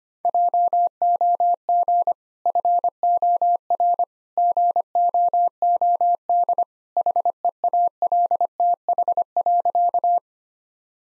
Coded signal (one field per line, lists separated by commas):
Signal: Morse code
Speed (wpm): 25 wpm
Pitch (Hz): 700 Hz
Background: none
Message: JOG FOR GOOD HEALTH.